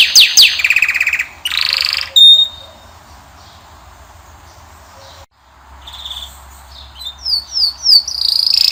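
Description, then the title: Canary song in short bright bursts of rapid trills and sweeping whistles, broken by a quiet gap of a few seconds before a run of repeated notes resumes. Male Belgian canary singing a lot; training song intended to warm up and teach young birds. "Esquente Seu Filhote E Canario Belga. Macho Cantando Muito. canary singing. canary training song"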